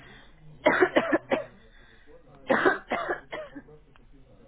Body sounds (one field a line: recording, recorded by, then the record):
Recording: voluntary cough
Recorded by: telephone call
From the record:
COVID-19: negative